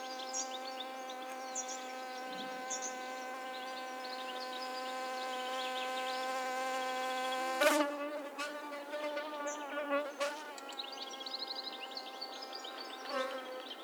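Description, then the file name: Hoverfly buzz, a constant droning hum that shifts and wavers after a sudden loud click partway through. Recorded 7 June 2006. "20060607 Syrphid Fly"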